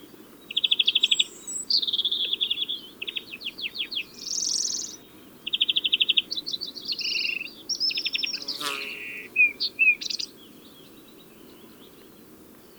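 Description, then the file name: European greenfinch song: rapid trilled rattles and twittering phrases with a wheezy note, then a quiet pause. "Chloris chloris"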